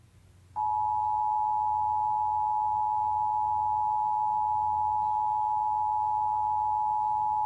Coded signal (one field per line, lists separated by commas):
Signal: Emergency Alert System (SAME) tones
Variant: 853 and 960 Hz attention tone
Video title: Iowa EAS Required Monthly Test (November 6, 2019)